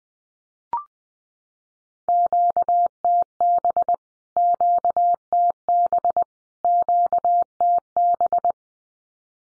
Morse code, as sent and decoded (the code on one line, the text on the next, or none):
--.- - -... / --.- - -... / --.- - -...
QTB QTB QTB